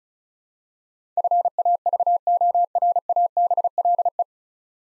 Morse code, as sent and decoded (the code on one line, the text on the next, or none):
..-. .- ...- --- .-. .- -... .-.. .
FAVORABLE